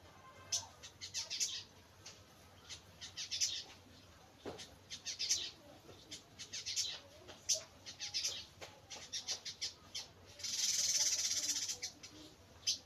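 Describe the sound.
Bird chirps: scattered high twitters and short chirp bursts, with a brief dense noisy burst near the end.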